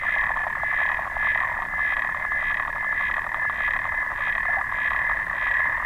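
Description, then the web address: Clawed frog producing an unbroken rapid clicking trill, buzzy and metallic, with gentle swells in loudness. "sounds xenopus"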